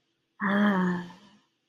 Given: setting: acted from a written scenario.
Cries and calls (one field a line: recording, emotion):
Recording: vocal sound without words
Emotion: desire